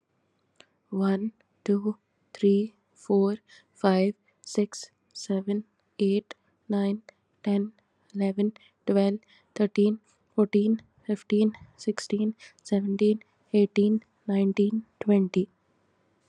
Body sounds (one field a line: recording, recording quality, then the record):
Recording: counting at a normal pace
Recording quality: excellent, no background noise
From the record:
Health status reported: COVID-19 positive, moderate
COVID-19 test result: positive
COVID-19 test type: RT-PCR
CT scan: not taken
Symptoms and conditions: cough, cold, breathing difficulty, fever, muscle pain, loss of smell and taste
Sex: female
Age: 27 years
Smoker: no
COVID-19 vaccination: both doses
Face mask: not worn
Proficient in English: yes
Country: India